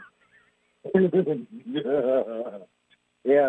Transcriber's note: laughs